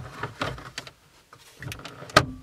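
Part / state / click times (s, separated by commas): LCD fascia trim panel into dashboard / seated / 0.8 s, 2.2 s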